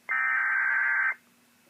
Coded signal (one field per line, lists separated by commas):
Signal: Emergency Alert System (SAME) tones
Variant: header bursts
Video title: EAS 1853 SVR NWS Midland